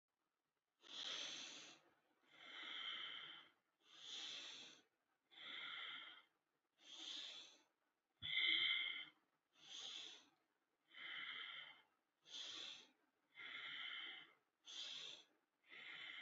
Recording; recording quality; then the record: deep breathing; excellent, no background noise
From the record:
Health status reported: healthy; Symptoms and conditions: none ticked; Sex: male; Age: 23 years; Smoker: yes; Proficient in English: yes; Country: India